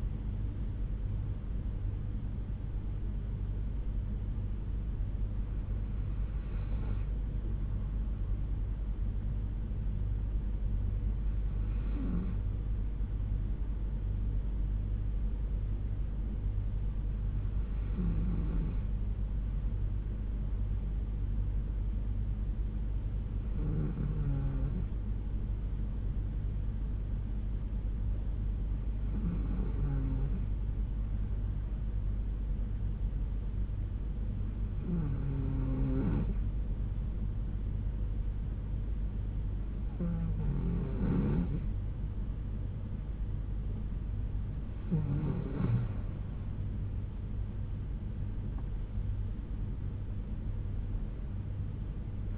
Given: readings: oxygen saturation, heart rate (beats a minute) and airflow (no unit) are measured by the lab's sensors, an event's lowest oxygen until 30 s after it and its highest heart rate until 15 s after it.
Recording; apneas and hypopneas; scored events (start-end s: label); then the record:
breathing in sleep by a smartphone at the bedside; 1
15.00-47.40 s: hypopnea (N2, oxygen 95% highest, then 92% lowest, heart rate 60 at the start, 76 highest)
From the record:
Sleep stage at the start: N2 (light sleep); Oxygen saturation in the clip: 92 to 95%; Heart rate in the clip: 60 to 76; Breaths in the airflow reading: 9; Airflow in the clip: -6.8 to 8.3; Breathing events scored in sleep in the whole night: 368 in 8.0 hours asleep